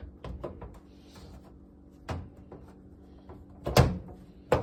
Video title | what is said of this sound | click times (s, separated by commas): How to Replace the Charcoal Filter in a Tapan TMV151FB Microwave | Now you hear the click, and now we are ready to | 4.5 s